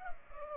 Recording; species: mosquito wingbeat signal from an infrared sensor; Culex pipiens